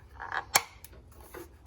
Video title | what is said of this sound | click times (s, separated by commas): 2014 Jeep Patriot wiring nightmare | There we go, snapped in place. | 0.4 s, 0.6 s